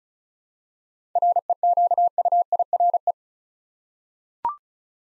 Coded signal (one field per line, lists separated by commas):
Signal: Morse code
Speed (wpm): 36 wpm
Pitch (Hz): 700 Hz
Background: none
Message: REQUIRE